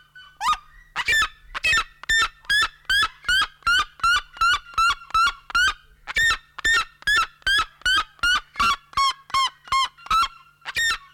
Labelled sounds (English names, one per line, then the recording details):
Red-legged Seriema call
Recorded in captivity
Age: adult
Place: Zoo Berlin, Berlin, DE
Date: 1993-03-20 12:28
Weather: 5-8°C, böiger Wind
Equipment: Marantz CP 430, Sennheiser ME 80, Kopie Uher Variocord 263
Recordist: Tembrock, Günter